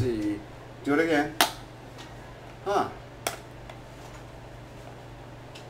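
Someone talks while handling a DJI Osmo 4 handheld smartphone gimbal during an unboxing, retrying to fit its phone clamp or folding arm. There are brief sharp handling knocks, including one near 1.4 s and a louder one near 3.3 s. The part has not seated or clicked into place yet.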